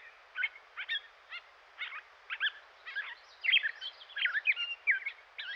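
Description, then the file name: Gray catbird song of short chattering and squeaky notes, spaced by brief gaps at first, then tumbling faster into a busy medley of scratchy phrases. "dan gibsons solitudes catbird"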